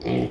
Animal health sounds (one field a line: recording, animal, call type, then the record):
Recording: contact call of a hoofed animal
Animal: pig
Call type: closed-mouth grunt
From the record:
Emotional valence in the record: negative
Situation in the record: short social isolation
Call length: 0.31 s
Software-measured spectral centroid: 1410 Hz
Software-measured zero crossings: 940 a second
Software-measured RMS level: -24 dBFS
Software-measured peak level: -12 dBFS